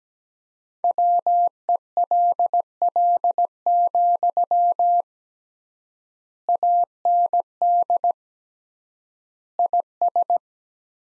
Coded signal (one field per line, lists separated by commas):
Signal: Morse code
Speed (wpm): 17 wpm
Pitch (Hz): 700 Hz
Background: none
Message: WELL, AND IS